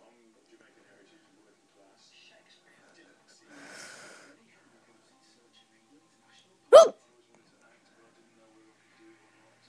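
A soft breath, then one sudden, loud, croaky gulp: a single hiccup from an adult, with a frog-like ribbiting quality.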